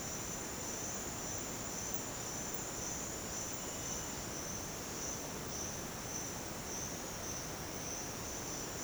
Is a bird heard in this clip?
no